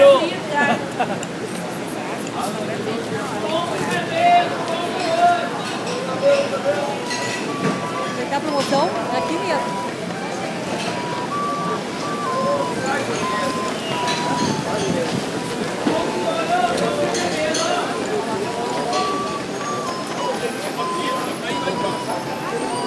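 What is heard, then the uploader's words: A busy city market near the port, with many voices talking at once in a steady, dense murmur. Occasional clinks and short tonal sounds poke through, and a faint vehicle rumble sits underneath. The level stays fairly even throughout. Later, Thaís Aragão selected moments from the set of sounds recorded during the collective intervention (using Roland R-09HR and mobile phones), from which Germán Gras developed a poetic four-minute piece. The city market and the port region.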